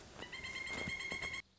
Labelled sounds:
Pileated Woodpecker
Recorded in Sonoma County, California

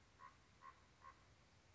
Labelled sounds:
Common Raven
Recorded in Sonoma County, California

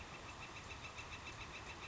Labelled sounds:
Northern Flicker
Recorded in Sonoma County, California

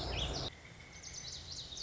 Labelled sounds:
Lazuli Bunting
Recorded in Sonoma County, California

